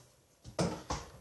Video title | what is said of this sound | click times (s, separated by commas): Dirt Devil Lift & Go Review | clicks into place | 0.6 s